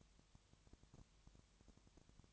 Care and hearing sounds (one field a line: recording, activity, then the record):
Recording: daily activity, microphone in the room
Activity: no activity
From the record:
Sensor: 3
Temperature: 20.6 degrees Celsius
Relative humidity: 34.7%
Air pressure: 1007.2 hPa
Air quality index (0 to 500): 137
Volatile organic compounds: 3 ppm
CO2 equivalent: 1527 ppm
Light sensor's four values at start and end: 2/3/2/2 and 2/3/2/2